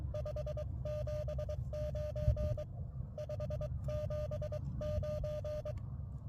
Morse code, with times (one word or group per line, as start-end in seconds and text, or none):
0.1-2.6 579
3.2-5.7 579